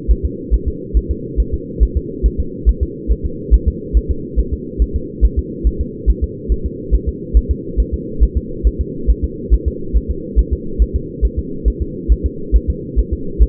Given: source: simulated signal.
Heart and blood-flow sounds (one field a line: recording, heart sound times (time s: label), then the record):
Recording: fetal heart sounds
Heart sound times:
0.11 s: S1
0.25 s: S2
0.54 s: S1
0.68 s: S2
0.97 s: S1
1.11 s: S2
1.40 s: S1
1.54 s: S2
1.83 s: S1
1.97 s: S2
2.26 s: S1
2.40 s: S2
2.69 s: S1
2.83 s: S2
3.12 s: S1
3.26 s: S2
3.54 s: S1
3.68 s: S2
3.97 s: S1
4.11 s: S2
4.39 s: S1
4.53 s: S2
4.82 s: S1
4.96 s: S2
5.25 s: S1
5.39 s: S2
5.67 s: S1
5.81 s: S2
6.10 s: S1
6.24 s: S2
6.52 s: S1
6.66 s: S2
6.94 s: S1
7.08 s: S2
7.37 s: S1
7.51 s: S2
7.80 s: S1
7.94 s: S2
8.23 s: S1
8.37 s: S2
8.67 s: S1
8.81 s: S2
9.10 s: S1
9.24 s: S2
9.54 s: S1
9.68 s: S2
9.97 s: S1
10.11 s: S2
10.39 s: S1
10.53 s: S2
10.82 s: S1
10.96 s: S2
11.25 s: S1
11.39 s: S2
11.68 s: S1
11.82 s: S2
12.12 s: S1
12.26 s: S2
12.56 s: S1
12.70 s: S2
12.99 s: S1
13.13 s: S2
13.42 s: S1
From the record:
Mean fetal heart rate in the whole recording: 140 bpm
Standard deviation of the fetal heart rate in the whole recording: 2 bpm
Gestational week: 34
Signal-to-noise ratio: -4.3 dB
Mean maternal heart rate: 72 bpm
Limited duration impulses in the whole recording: absent